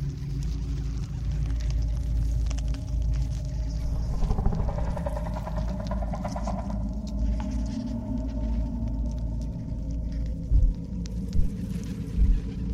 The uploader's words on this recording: Alien hive ASMR ambience. Predator cave | relaxing slimy sounds.